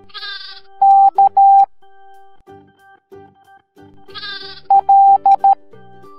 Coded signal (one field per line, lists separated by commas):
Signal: Morse code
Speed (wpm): 13 wpm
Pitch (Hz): 790 Hz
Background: music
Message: K L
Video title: Morse Code Alphabet Sheep Parade